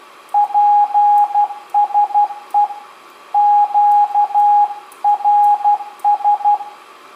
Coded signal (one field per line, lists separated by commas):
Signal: Morse code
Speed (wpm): 12 wpm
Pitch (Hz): 830 Hz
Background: radio noise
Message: PSE QRS